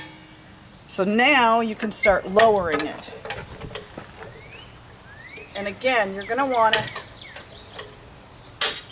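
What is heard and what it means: Someone talks while working the handle of a steel farm-style high-lift jack to lower a lifted Jeep, with a few faint ticks in between. At 8.6 s a sharp metallic click rings out as the top climbing pin in the jack's steel standard bar pops out and releases.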